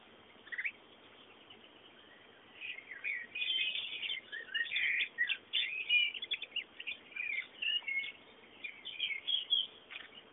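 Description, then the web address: Bird: a single early chirp, then hiss, then lively overlapping chirps and warbling twitters that continue to the end. Background bird sounds. "bullas Bullasdata sounds fondo pajaros"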